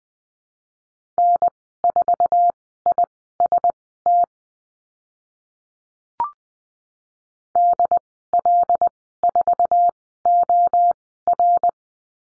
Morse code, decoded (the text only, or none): N4IST DL4OR